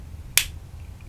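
A snap cap is pushed onto the body of a metal Hongdian 1862s fountain pen and snaps home with a single sharp, bright click at 0.4 s. Only a quiet background follows, with the cap now seated.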